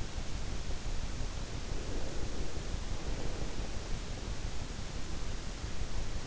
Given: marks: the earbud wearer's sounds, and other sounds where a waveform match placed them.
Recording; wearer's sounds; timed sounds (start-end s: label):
sounds in sleep by an in-ear microphone; breath
1.61-3.75 s: breath